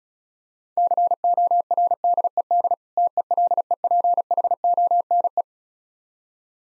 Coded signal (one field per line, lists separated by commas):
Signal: Morse code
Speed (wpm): 36 wpm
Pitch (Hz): 700 Hz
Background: none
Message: CORDED TELEPHONE